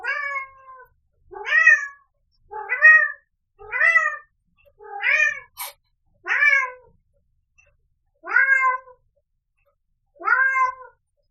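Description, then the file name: Cat meowing: eight short, rising-falling meows, one every second or two, with one sharp click midway. Adult cat meowing. "Vzroslyj kot - Myaukane kota"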